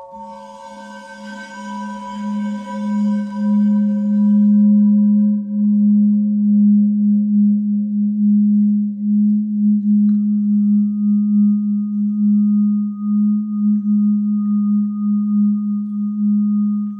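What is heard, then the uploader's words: A singing bowl hums with a strong, steady low tone that swells in over the first few seconds and then holds, gently pulsing and wavering throughout. Bright upper shimmer fades after about five seconds, and a thin high tone enters around ten seconds. HEALING BOWLS FOR LAKE COUNTY.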